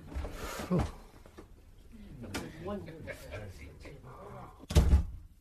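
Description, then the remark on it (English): A door closes with a heavy, low thud as Godpapa is seen out to go home at Christmas, followed later by a second loud thump, while faint voices murmur in the quieter stretch between them. “We'll see you to the door, Godpapa.”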